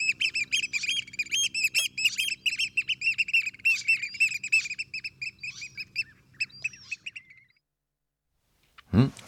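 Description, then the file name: Eurasian oystercatcher piping: fast, shrill, overlapping high notes for about seven seconds, fading out, then a brief dull thump at the end. "strandskata"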